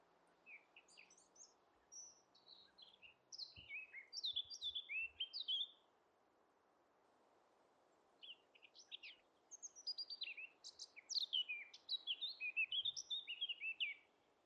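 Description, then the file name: Eurasian blackcap song: two rich, fast warbled phrases of varied high chirping and fluty notes, each several seconds long, separated by a short pause. "Sylvia atricapilla"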